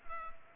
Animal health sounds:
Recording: mosquito wingbeat signal from an infrared sensor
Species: Culex pipiens

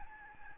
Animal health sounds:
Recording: mosquito wingbeat signal from an infrared sensor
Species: Aedes albopictus

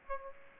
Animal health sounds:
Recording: mosquito wingbeat signal from an infrared sensor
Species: Aedes aegypti

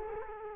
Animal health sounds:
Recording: mosquito wingbeat signal from an infrared sensor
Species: Culex quinquefasciatus

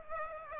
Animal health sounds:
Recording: mosquito wingbeat signal from an infrared sensor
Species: Aedes aegypti

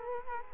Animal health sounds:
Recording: mosquito wingbeat signal from an infrared sensor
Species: Culex quinquefasciatus

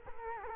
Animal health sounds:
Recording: mosquito wingbeat signal from an infrared sensor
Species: Culex quinquefasciatus

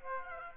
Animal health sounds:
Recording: mosquito wingbeat signal from an infrared sensor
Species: Aedes aegypti

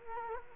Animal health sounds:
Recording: mosquito wingbeat signal from an infrared sensor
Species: Culex quinquefasciatus

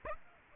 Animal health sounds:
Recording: mosquito wingbeat signal from an infrared sensor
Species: Aedes aegypti

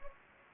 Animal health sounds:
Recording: mosquito wingbeat signal from an infrared sensor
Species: Anopheles gambiae

